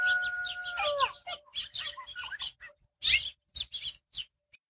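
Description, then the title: Coyote vocalizations: a falling howl breaking into a rapid string of high yips and short barks, then brief pauses. Part of a five-minute sample of a pair of coyotes' vocalizations, edited together from the most vocal sections of a 20–30 minute encounter. "W&W Short #2-The Story of the Coyote Howl"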